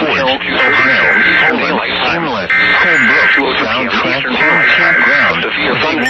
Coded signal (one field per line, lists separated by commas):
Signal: Emergency Alert System (SAME) tones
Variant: header bursts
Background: speech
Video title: *VAILD TONES* EAS Mock: When NOAA weather radio goes crazy